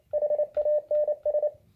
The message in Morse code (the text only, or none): HANS